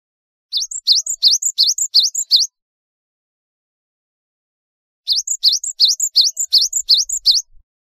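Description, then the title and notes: Java sparrow singing two short runs of rapid, bright chirps that dip and rise, with a few seconds of silence between runs. "Kicau Burung Gelatik"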